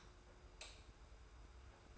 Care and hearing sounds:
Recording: daily activity, microphone in the room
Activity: light off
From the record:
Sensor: 2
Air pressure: 990.8 hPa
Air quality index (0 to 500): 121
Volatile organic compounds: 88 ppm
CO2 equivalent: 3670 ppm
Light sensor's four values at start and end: 31/78/31/31 and 26/61/25/24

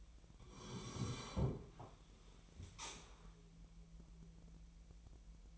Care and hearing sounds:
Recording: daily activity, microphone in the room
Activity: sit down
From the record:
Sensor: 1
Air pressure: 1001.6 hPa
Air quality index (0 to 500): 248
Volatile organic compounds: 120 ppm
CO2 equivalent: 3873 ppm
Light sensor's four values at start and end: 14/33/14/15 and 14/33/14/16

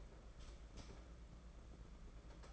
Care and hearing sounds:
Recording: daily activity, microphone in the room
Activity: light off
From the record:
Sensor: 5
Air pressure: 992.1 hPa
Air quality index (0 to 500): 203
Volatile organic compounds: 1000 ppm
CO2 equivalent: 5875 ppm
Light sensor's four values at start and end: 8/20/8/8 and 8/19/7/8

